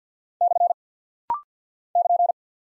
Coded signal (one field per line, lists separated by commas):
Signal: Morse code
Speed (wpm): 50 wpm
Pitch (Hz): 700 Hz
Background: none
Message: / <KN>